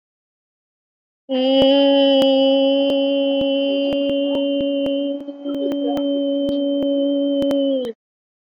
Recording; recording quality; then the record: sustained vowel as in beet; excellent, no background noise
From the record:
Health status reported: recovered from COVID-19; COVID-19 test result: positive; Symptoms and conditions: none ticked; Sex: female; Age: 50 years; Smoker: not ticked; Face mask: worn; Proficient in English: yes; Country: India